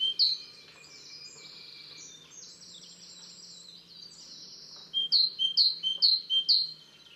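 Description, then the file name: Great tit, a loud opening note, then a long stretch of faint jumbled high chatter, and finally four crisp two-note phrases, high then lower, in quick succession. "Parus major"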